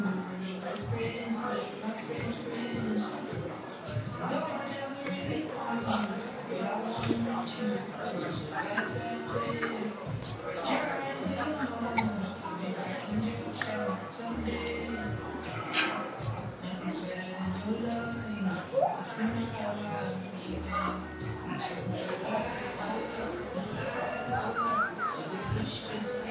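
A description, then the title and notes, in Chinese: An Apple store in Sanlitun, Beijing, at eight in the evening: many voices talk over one another in a steady, dense murmur that never drops away. Low thuds and shuffling footsteps, with occasional sharp clicks and clatters, run through the whole clip. 晚上八点的Apple店｜城市声音。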